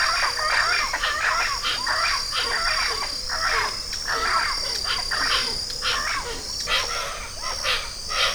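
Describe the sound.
Bird calls in short harsh chattering bursts, repeated irregularly, with a high steady hiss behind.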